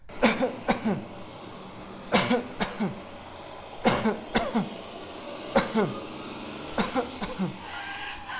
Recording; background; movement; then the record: voluntary coughing; traffic; sitting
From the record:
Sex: male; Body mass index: 20.6 kg/m2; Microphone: on the chest, facing outward